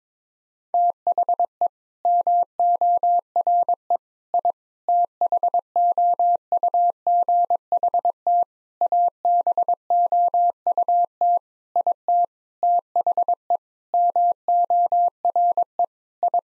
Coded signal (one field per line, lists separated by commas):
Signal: Morse code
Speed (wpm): 22 wpm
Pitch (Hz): 700 Hz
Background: none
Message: THE MORE I THOUGHT ABOUT IT THE MORE I